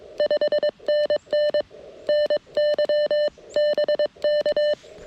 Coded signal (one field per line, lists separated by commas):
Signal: Morse code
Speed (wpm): 22 wpm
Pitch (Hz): 600 Hz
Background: none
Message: 5NN NY BK